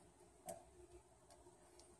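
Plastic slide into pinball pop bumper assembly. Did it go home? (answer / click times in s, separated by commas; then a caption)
yes / 0.5 s. A plastic slide is pushed into a pinball pop bumper assembly and clicks into place, with the main sharp click at 0.5 s. Fainter ticks follow around 1.3 s and 1.8 s over low background noise, and the slide ends up seated.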